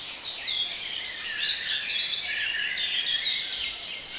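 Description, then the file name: Birds chorus as a dense wash of high twittering, individual phrases blurred together, continuous throughout. Bird sounds compiled as a relaxation recording. "relaksacja odglosy ptakow"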